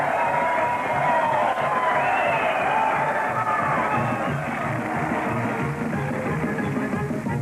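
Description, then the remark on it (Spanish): A large crowd at a race roars and cheers continuously as the winner heads for the finish line, a dense wash of overlapping shouts and whoops that stays loud and steady for the whole stretch, with no single voice standing out. “¡Escuchen los gritos de la multitud!”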